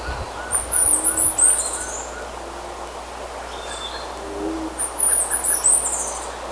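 Bird calls, thin high chirps in two clusters, near the start and near the end, against a steady noisy background.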